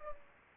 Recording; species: mosquito wingbeat signal from an infrared sensor; Culex pipiens